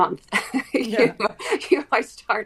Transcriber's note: laughs